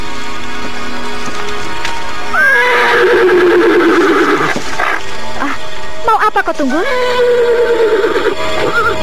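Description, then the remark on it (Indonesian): A horse named Tunggul neighs in two loud, shrill whinnies while refusing to move and lifting its legs high. The first is a long wavering cry and the second a shaky, quivering burst, while a person speaks briefly. “Si tunggul tetap saja meringkik-ringkik dan sesekali mengangkat kakinya tinggi-tinggi.”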